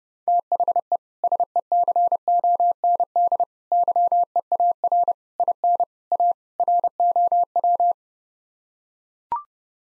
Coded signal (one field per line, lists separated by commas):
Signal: Morse code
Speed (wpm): 32 wpm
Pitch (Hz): 700 Hz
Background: none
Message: THE SECOND YEAR IN A ROW